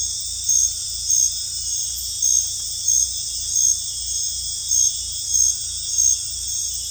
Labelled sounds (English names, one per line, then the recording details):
none
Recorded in dense forest near Puerto Asís, Putumayo, Colombia, on 18 December 2024 at 22:00
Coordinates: 0.486, -76.317
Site G003